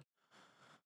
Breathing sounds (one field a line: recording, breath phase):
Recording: one breath near a microphone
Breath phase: inhalation